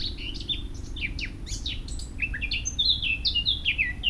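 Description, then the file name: Eurasian blackcap song: a scratchy, hurried warble of sharp notes, building into loud, clear fluted whistles in the second half, faint low rumble behind. "Sylvia atricapilla"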